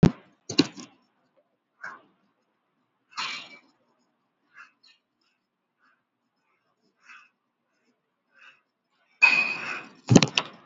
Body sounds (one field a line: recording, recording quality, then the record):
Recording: shallow breathing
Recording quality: excellent, no background noise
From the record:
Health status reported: healthy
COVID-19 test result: negative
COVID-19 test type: RT-PCR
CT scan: not taken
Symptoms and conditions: cough, cold, fever, fatigue, loss of smell and taste, hypertension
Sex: male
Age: 42 years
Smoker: no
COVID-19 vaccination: one dose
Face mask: worn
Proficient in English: yes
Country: India